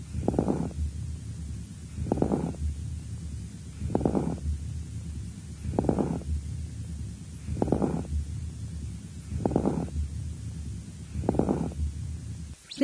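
Adult chest by stethoscope over the left axillary region: diminished vesicular breathing with residual crepitations, typical of the resolution stage of left lower lobe lobar pneumonia, on day 4 of antibiotic therapy.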